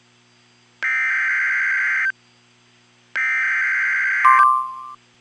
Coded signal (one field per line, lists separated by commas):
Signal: Emergency Alert System (SAME) tones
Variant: header bursts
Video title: EAS 147 - SVR Smith, Sumner, Trousdale, Wilson CO in TN